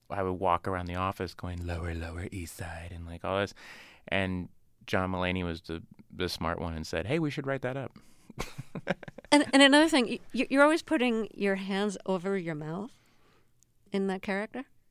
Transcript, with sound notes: I would walk around the office going lower Lower East Side and like this, and John Mulaney was the smart one and said hey, we should write that up.
(LAUGHTER)
And another thing, you're always putting your hands over your mouth in that character.